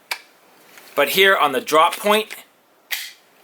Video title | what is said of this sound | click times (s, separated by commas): A Kizer Super Bad Comparison: Which Super Bad Is More Bad A$$? | that really strong end just positive good sounding click for | 0.1 s